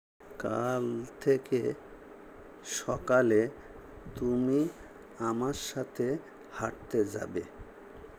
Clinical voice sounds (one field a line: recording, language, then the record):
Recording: elicited speech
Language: Bengali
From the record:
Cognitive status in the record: dementia